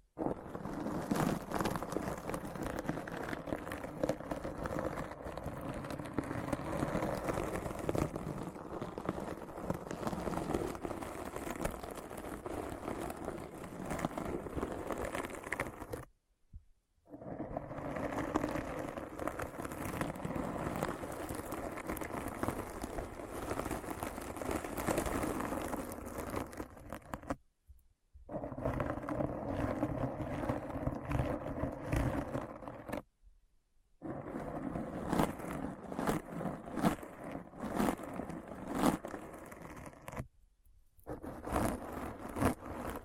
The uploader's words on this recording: ASMR Deep Brain Scratch (No Talking).